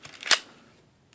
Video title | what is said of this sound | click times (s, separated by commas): SIG SAUER P290 RS MICRO COMPACT 9MM POCKET PISTOL | lock inserts when it locks your slide back you do you want to push that in until it snaps | 0.3 s